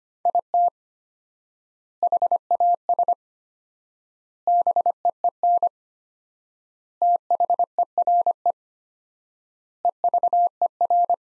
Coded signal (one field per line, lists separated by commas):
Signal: Morse code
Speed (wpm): 25 wpm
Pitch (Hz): 700 Hz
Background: none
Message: IT HAS BEEN THERE EVER